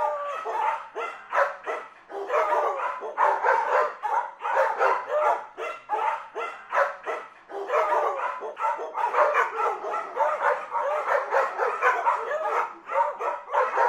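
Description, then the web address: Dog barking in a rapid, continuous series of sharp barks that keep going steadily for the whole stretch, with only brief pauses. "animali cani"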